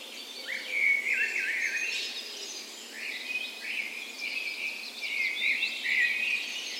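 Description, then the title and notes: Birds: dawn chorus of several birds, bright whistled notes and trills overlapping. Recorded in a park west in Bergen, Norway, on the morning of 17 May, Norway's National Day, in spring; Sony PCM A10 recorder with LOM Usi microphones as tree ears. "17th Of May Dawn Chorus. Recorded on the morning of Norways National Day the 17th of May in a park west in Bergen. Spring is in full effect, and the dawn chorus sounds wonderful!"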